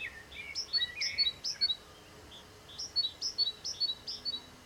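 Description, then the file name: Great tit song of clear paired high notes in two short bursts, with a lower chirping bird at the start. "Parus major"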